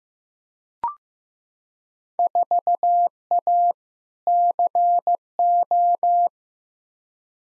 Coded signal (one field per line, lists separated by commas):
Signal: Morse code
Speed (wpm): 15 wpm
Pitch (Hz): 700 Hz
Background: none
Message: 4A CO